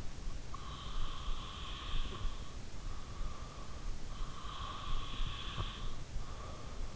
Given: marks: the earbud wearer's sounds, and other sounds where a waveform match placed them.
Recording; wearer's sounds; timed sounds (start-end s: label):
sounds in sleep by an in-ear microphone; breath
0.00-3.02 s: breath
3.93-6.45 s: breath